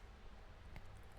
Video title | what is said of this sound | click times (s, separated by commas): Installing SRAM GX Eagle AXS rear derailleur and shift on my Trek Rail with adjustments. | there it is you'll hear it you'll feel it pop into place | 0.8 s